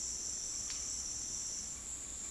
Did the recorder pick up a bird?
no